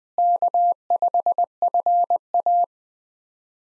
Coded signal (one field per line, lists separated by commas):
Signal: Morse code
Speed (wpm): 20 wpm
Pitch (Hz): 700 Hz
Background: none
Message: K5FA